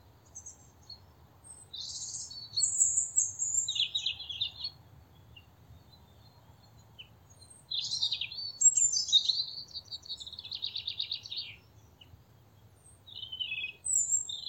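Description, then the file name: European robin singing varied, high, liquid phrases, including a rapid trill, broken by brief silent gaps. "Erithacus rubecula"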